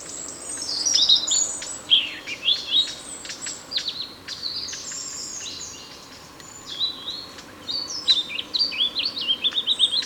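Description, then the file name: European robin song: rapid, jumbled high twittering with sharp ticking notes, a quieter gap midway, then a fast run of bright, tinkling notes. "Erithacus rubecula"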